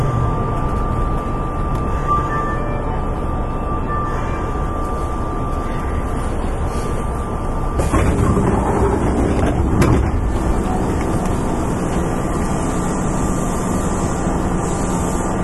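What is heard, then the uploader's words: A train runs steadily with a deep, dense rumble and rattle throughout. A thin steady whine holds in the middle register for the first half. Around the eighth second the noise swells and roughens briefly with clattering, then settles back to a constant roar. 近鉄7000系(初期GTO) コスモスクエアから生駒まで. 近畿日本鉄道 7000系電車の走行音です。 直通列車で録音しました。 Running sound of the Kintetsu Railway 7000 series train.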